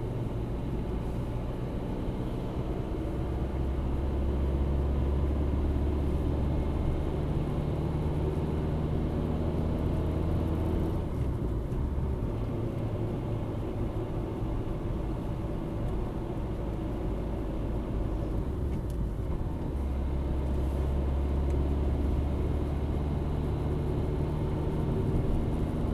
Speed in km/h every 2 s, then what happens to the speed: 46, 50, 54, 58, 59, 59, 59, 58, 57, 54, 54, 58, 58.
0-7 speeds up to 59. 7-26 steady at about 58.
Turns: none.